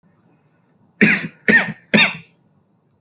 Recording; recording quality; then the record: shallow voluntary cough; excellent, no background noise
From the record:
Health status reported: healthy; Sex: male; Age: 33 years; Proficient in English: yes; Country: India